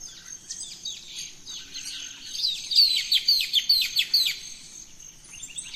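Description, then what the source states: Birds at dawn: one singer gives a quick series of sharp falling chirps, amid softer twittering from other birds. Dawn chorus of rainforest birds, Gran Sabana, Venezuela.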